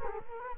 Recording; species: mosquito wingbeat signal from an infrared sensor; Culex quinquefasciatus